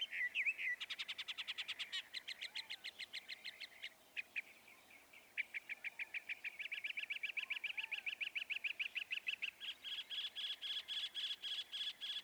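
Northern mockingbird song: long bursts of rapid, evenly repeated clicking notes, changing phrase types several times, with a faint lower call in the background.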